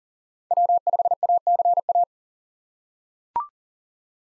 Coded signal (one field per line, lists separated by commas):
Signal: Morse code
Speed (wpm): 40 wpm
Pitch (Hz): 700 Hz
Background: none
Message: W5ACA